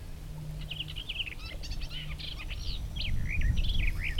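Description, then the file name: Garden warbler song: a rapid, varied warbled phrase of chattering and fluty notes running for several seconds, with low continuous rumble underneath. "lehtokerttu"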